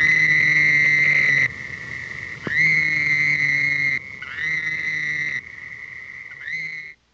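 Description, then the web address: Toads calling: overlapping high buzzy trills, several loud bursts lasting half a second to one and a half seconds over a continuous steady background trill. "Bufonidae"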